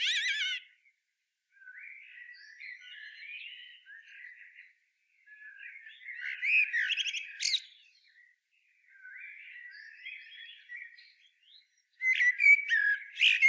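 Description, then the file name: Common blackbird song: a twittering burst at the start, subdued mellow warbles broken by a louder high twitter in the middle, and a loud twittering burst at the end. "Turdus merula"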